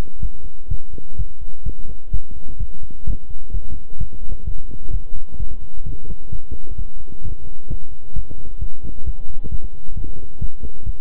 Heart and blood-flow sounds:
heart sounds by stethoscope; between the tricuspid and mitral areas; 130 bpm
0.19 s: heartbeat
0.68 s: heartbeat
1.16 s: heartbeat
1.63 s: heartbeat
2.11 s: heartbeat
2.58 s: heartbeat
3.05 s: heartbeat
3.51 s: heartbeat
3.98 s: heartbeat
4.44 s: heartbeat
4.91 s: heartbeat
5.37 s: heartbeat
5.83 s: heartbeat
6.30 s: heartbeat
6.76 s: heartbeat
7.22 s: heartbeat
7.68 s: heartbeat
8.13 s: heartbeat
8.59 s: heartbeat
9.04 s: heartbeat
9.49 s: heartbeat
9.94 s: heartbeat
10.39 s: heartbeat
10.84 s: heartbeat
From the record:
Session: pedaling a stationary bicycle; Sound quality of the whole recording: good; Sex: male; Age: 24 years

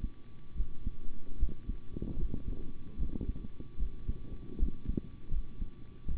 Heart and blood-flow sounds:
heart sounds by stethoscope; between the tricuspid and mitral areas; 76 bpm
0.54 s: heartbeat
1.37 s: heartbeat
2.16 s: heartbeat
2.96 s: heartbeat
3.77 s: heartbeat
4.57 s: heartbeat
5.29 s: heartbeat
6.06 s: heartbeat
From the record:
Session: rest, sitting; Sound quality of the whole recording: good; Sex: male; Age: 25 years

